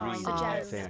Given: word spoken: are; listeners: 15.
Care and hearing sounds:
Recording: one English word in noise, from a listening test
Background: four-talker babble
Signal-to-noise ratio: 0.8 dB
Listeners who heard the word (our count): 1 of 15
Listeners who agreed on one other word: 6 of 15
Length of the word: 0.50 s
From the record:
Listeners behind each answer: 6, 3, 2, 1, 1, 1, 1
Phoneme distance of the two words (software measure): 14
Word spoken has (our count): 1 syllable, 1 phoneme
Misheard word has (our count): 1 syllable, 3 phonemes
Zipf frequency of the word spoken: 6.82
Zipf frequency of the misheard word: 5.41

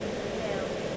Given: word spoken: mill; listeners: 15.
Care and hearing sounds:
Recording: one English word in noise, from a listening test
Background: speech-shaped noise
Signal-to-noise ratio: -6.0 dB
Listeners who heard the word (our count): 1 of 15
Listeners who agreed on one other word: 6 of 15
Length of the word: 0.57 s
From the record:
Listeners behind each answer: 6, 2, 1, 1, 1, 1, 1, 1, 1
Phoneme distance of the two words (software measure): 10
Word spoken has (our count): 1 syllable, 3 phonemes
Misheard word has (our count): 1 syllable, 3 phonemes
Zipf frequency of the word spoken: 4.27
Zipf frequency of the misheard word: 4.71

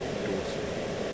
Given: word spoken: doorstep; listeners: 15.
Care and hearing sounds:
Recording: one English word in noise, from a listening test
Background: speech-shaped noise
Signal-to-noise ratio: -6.1 dB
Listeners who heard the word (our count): 0 of 15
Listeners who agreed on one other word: 8 of 15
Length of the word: 0.73 s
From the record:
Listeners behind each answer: 8, 3, 1, 1, 1, 1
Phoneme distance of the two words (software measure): 24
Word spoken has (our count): 2 syllables, 6 phonemes, stress on syllable 1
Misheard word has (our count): 2 syllables, 4 phonemes, stress on syllable 1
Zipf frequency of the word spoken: 4.13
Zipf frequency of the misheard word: 4.97

